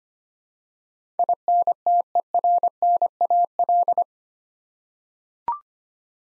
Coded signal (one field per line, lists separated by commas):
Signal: Morse code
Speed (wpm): 25 wpm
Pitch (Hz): 700 Hz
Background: none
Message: INTERNAL